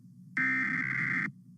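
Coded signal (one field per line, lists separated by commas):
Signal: Emergency Alert System (SAME) tones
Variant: header bursts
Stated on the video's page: Real Required Monthly Test for all of Texas, as carried on Austin-area TV stations.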